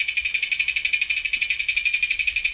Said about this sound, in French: Voilà, c'est une vraie cigale, c'est incroyable. Hein. Et en fait, c'est une punaise aquatique.